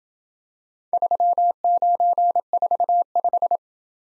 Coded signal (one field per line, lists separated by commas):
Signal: Morse code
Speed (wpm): 27 wpm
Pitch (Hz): 700 Hz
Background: none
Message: 3945